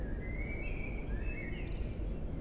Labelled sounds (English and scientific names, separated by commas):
Common Blackbird (Turdus merula)